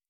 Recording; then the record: hydrophone in a shrimp aquaculture tank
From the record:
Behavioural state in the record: normal